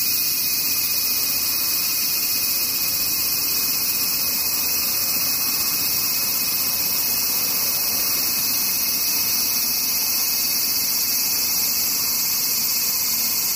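Cicadas drone without a break for the full fourteen seconds, a dense, shrill hiss that holds the same loudness throughout. A faint, steady low rumble runs underneath, with no separate events standing out.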